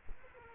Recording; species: mosquito wingbeat signal from an infrared sensor; Culex quinquefasciatus